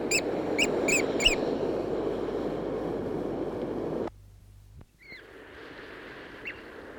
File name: chatham island oystercatcher song